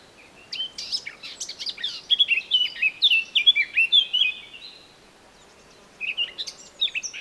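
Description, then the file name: Eurasian blackcap song: a fast, varied warbling phrase of chattering and whistled notes lasting about four seconds, a pause, then a second phrase starting. "Sylvia atricapilla"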